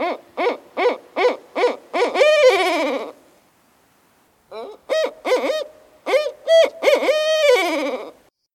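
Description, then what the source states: Barred owl hooting, two bouts of rhythmic, barking hoots each ending in a drawn-out, descending note, with a short silence between them. Familiar 'who cooks for you' call; calls early in the evening, not strictly nocturnal.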